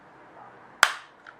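A pry tool works the plastic shell of a DJI Mavic 2 drone remote controller open at its side seam, releasing an internal plastic snap clip of the housing. Over a low, steady hiss, the clip pops with one sharp, loud click at 0.8 s that rings off briefly, followed by a faint tick at 1.3 s. The clip has released and the shell has popped open, which shows the job was done right.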